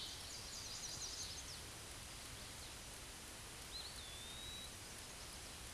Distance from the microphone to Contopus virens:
about 115 m